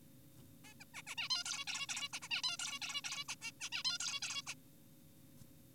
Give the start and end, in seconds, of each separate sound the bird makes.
0.64-0.74, 0.80-0.84, 0.94-1.02, 1.07-1.15, 1.18-1.29, 1.30-1.44, 1.46-1.65, 1.68-1.87, 1.89-2.08, 2.13-2.20, 2.22-2.28, 2.31-2.42, 2.44-2.57, 2.59-2.79, 2.82-3.02, 3.04-3.24, 3.29-3.35, 3.42-3.52, 3.60-3.70, 3.72-3.83, 3.85-3.98, 4.00-4.20, 4.22-4.42, 4.48-4.54